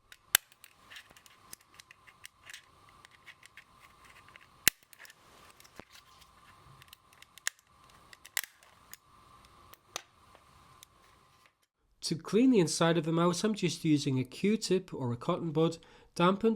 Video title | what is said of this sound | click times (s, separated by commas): How to clean the Glorious Model O or O- Mouse | You'll hear a click as they're released. | 0.3 s, 4.7 s, 7.5 s, 8.4 s